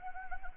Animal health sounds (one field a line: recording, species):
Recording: mosquito wingbeat signal from an infrared sensor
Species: Anopheles arabiensis